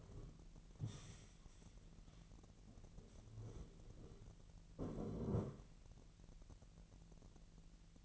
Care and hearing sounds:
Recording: daily activity, microphone in the room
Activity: stand up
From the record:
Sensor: 4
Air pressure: 1002.8 hPa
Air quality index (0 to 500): 250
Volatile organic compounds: 30 ppm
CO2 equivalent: 2968 ppm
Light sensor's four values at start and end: 10/22/9/9 and 10/22/9/9

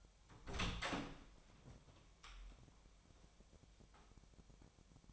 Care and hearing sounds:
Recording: daily activity, microphone in the room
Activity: open door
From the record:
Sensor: 1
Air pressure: 1007.3 hPa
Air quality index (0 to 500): 198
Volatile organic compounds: 20 ppm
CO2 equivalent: 2676 ppm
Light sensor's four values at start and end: 13/32/13/14 and 13/34/13/15

